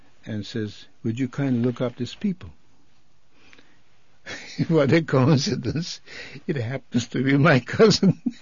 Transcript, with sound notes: and says, "Would you kindly look up these people?" ( he laughs ) What a coincidence it happened to be my cousin.